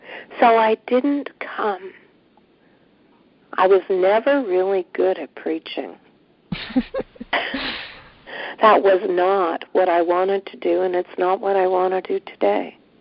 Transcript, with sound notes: So, I didn’t come… I was never really good at preaching; [laughs] that was not what I wanted to do and it’s not what I want to do today.